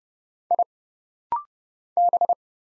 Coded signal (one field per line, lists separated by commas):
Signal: Morse code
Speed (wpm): 30 wpm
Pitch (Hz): 700 Hz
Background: none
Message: I B